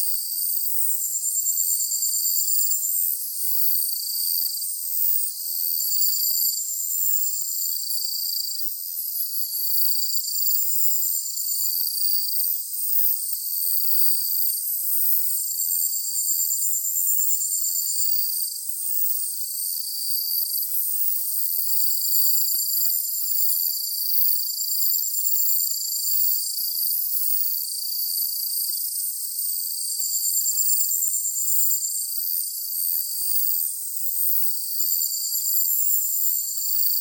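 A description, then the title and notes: A summer night filled with a dense, unbroken chorus of insects, likely crickets, trilling high and bright. Several layers of chirps and pulsing buzzes overlap at steady rates for the whole stretch, with nothing deep or low beneath them and no other sounds breaking through. SUMMER NIGHT.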